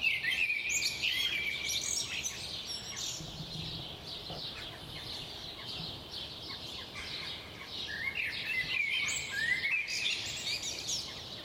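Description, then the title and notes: Birds in chorus, with dense high twittering and chirps plus several sweeping whistled phrases, overlapping without pause over soft background noise. At 4am. "Birds at 4am by Daniel Sky"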